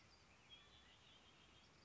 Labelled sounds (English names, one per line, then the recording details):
Red-winged Blackbird
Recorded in Sonoma County, California